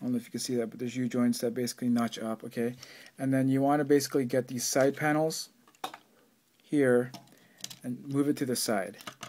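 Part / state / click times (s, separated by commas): side panel locking the chest of a plastic transforming action figure / seated / 5.8 s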